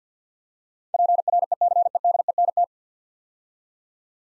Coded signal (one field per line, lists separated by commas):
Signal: Morse code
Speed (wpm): 47 wpm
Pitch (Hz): 700 Hz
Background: none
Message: PRECEDENT